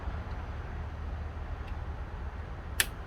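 A plastic throttle trigger assembly is pressed back into the rear handle housing of a Stihl MS310 chainsaw during a tune-up, over a steady low rumble. A single sharp snap is heard at 2.8 s as the trigger assembly clicks back into place, seated.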